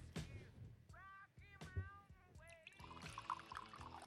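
Liquid is poured out in a series of bubbly, gurgling glugs with wavering pitch, then becomes a steadier, brighter splashing rush toward the end.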